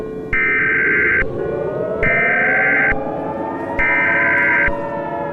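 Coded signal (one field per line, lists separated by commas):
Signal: Emergency Alert System (SAME) tones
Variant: header bursts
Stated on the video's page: Fictional EAS scenario, edited in Filmora X.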